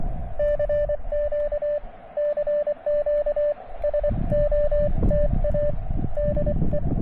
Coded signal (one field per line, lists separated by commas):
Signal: Morse code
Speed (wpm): 24 wpm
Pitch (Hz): 590 Hz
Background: radio noise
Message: CQ CQ SOTA DE